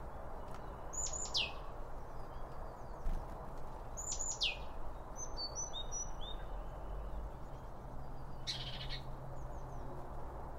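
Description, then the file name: Birds calling with sharp descending high notes, two clear bursts a few seconds apart, softer tweets between and a brief rustle later, over low background rumble. Birds at a bird feeder, recorded with two Line Audio OM1 microphones. "Birds Around Birdfeeding With Two Om 1 From Line Audio"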